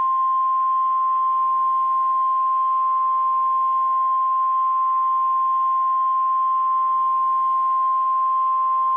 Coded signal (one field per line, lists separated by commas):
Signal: Emergency Alert System (SAME) tones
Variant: 1050 Hz attention tone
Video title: Child Abduction Emergency: Texas (EAS Video Creator)